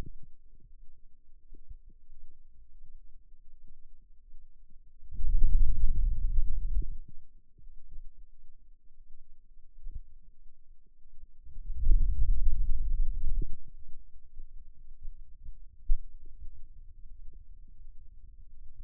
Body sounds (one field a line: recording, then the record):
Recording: forearm muscle sounds (acoustic myography)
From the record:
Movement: hand opening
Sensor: system 2, bracelet of six BSWA MPA416 microphones around the upper forearm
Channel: 2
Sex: male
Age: 22 years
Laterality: right